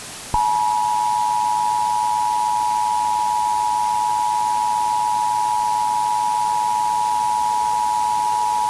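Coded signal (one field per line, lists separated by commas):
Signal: Emergency Alert System (SAME) tones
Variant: 853 and 960 Hz attention tone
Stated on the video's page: Fictional scenario of a Florida power plant meltdown; tones are likely valid.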